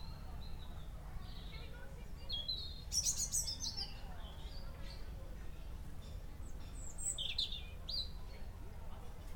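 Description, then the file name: Birds singing: scattered high thin whistles and short chirps over a constant low rumble of background noise. Birdsong in a garden. "Birdsong Furzey Gardens"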